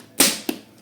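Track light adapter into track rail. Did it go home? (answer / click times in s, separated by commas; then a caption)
yes / 0.2 s, 0.5 s. A track luminaire adapter is pushed into a metal track rail and snaps into place before being locked with its rotating mechanical switch. A loud, sharp broadband snap lands at 0.2 s with a short decaying tail, followed by a briefer, quieter click at 0.5 s. The adapter is seated in the track.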